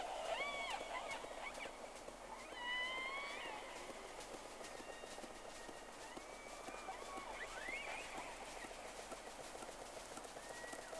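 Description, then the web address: Whale calls: short upswept and arching whistles scattered throughout alongside irregular clicks, all set against steady underwater background hiss. Two whales, on 3 October 2006 around 11:30, in the first round of recording. "Sea Snake 10-3-06 Whales X 2 11-30"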